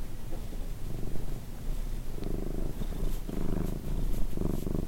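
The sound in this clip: Cat purr, a low continuous rumble rising and falling with each breath, louder phases in the second half.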